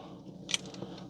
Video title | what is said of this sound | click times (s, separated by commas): Transformers Collaborative - Sonic the Hedgehog Wingtail and Blue Booster transformed | So, I like to just kind of line it up with the wing. Snap in the back. And that's on. | 0.5 s